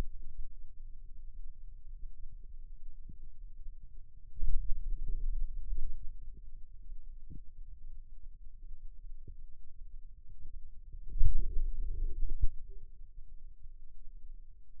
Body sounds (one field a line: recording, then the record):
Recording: forearm muscle sounds (acoustic myography)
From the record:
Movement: finger pinch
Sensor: system 2, bracelet of six BSWA MPA416 microphones around the upper forearm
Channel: 5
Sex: male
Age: 22 years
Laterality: right